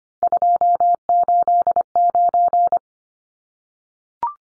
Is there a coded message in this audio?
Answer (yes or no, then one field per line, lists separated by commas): yes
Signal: Morse code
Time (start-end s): 0.2-2.8 s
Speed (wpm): 25 wpm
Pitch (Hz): 700 Hz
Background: none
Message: 289